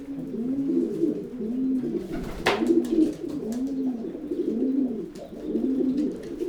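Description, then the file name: Low, arched pigeon coos repeat and overlap unevenly, with a sharp knock near the middle. "holub"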